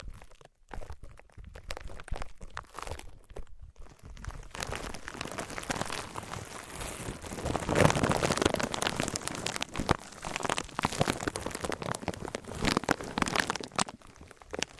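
Materials rubbed and pressed against each other give a dense, crackling crunch, like crinkling or tearing. It starts sparse and broken with short gaps during the first four seconds, then becomes a continuous, bright scratchy texture that peaks around eight seconds and stays busy to the end.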